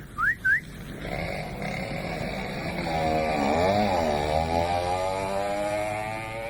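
Two quick rising whistles, then at 10:30 at night a moped engine starts buzzing and rattling steadily, its pitch climbing and wavering as it revs up and rides off.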